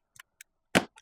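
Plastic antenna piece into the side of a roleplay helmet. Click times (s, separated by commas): 0.8 s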